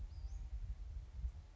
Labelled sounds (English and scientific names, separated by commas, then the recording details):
Western Flycatcher (Empidonax difficilis)
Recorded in Sonoma County, California